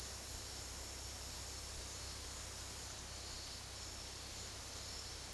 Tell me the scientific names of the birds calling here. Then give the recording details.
none. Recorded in dense forest near Puerto Asís, Putumayo, Colombia, on 18 February 2024 at 12:00. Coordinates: 0.485, -76.322. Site G6406